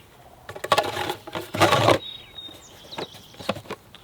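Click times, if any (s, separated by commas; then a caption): 0.7 s. The articulating head of a Milwaukee M18 Quik-Lok hedge trimmer attachment (49-16-2719) is swung straight down into its storage position and latches into its pivot lock, with a sharp click at 0.7 s amid a burst of rattling and handling noise. More clattering follows around 1.6–1.9 s, then a few scattered taps near 3.0 s and 3.5 s. The head is locked in place.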